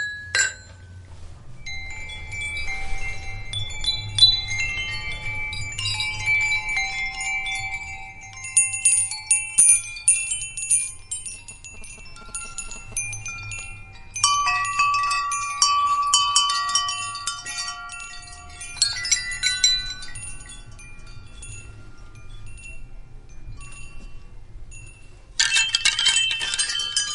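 Wind chimes ring out in clusters of bright, overlapping metallic tones, with fresh strikes around 8, 14 and 25 seconds that leave long, fading notes. A low, steady rumble of wind runs underneath throughout, and the chiming thins to sparse tinkles between bursts.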